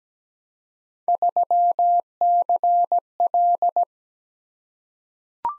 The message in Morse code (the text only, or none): 3CL